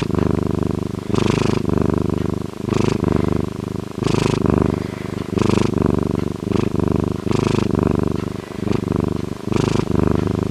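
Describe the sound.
Bobcat purring, a low continuous rumbling purr pulsing steadily, broken by breathy hisses at fairly regular intervals.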